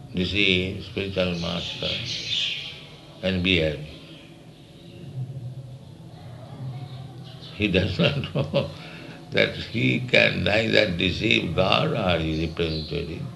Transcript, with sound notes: deceive spiritual master and be happy. [laughs] He does not know that he can neither deceive God or His representative,